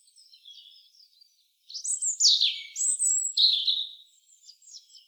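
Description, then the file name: European robin song: thin, high warbled phrases, then louder sliding whistles and liquid notes rising and falling in short bursts, with quiet pauses between. "Erithacus rubecula"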